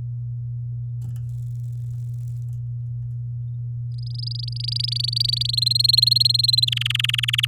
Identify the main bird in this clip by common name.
Domestic Canary